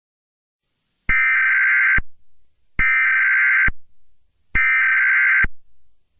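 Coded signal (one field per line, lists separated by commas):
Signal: Emergency Alert System (SAME) tones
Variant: header bursts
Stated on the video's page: Simulated EAS scenario made as a science class project.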